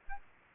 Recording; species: mosquito wingbeat signal from an infrared sensor; Anopheles arabiensis